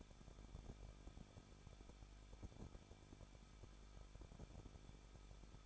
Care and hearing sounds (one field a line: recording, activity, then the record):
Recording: daily activity, microphone in the room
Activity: no activity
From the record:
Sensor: 5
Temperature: 20.8 degrees Celsius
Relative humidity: 38.5%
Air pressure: 1006.5 hPa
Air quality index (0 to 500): 191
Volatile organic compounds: 20 ppm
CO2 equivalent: 2701 ppm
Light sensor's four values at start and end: 2/3/1/1 and 2/3/1/1